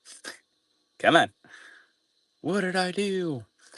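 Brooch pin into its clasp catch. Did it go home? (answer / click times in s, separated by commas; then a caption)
no / none. Someone presses the pin of a vintage silver-tone filigree brooch, which is missing its roll pin, back toward its catch. Between bursts of talk there are only faint scratchy handling sounds. The pin does not go back into the catch, and nothing has seated or clicked yet.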